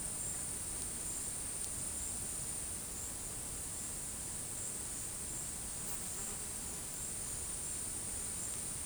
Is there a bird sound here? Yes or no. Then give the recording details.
no. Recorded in secondary vegetation near Puerto Asís, Putumayo, Colombia, on 22 December 2024 at 12:30. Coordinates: 0.481, -76.318. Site G042